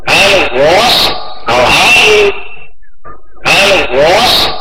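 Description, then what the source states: Hill myna making rough, talking-like bursts with a thin tonal overlay, two long phrases, a short pause, then another burst. Training recording for caged hill mynas.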